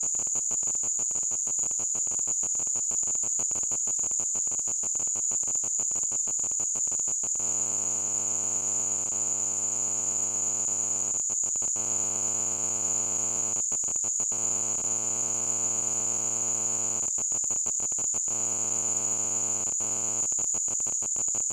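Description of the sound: Simulated tinnitus: a steady high-pitched ringing tone with a rapid, insect-like pulsing buzz.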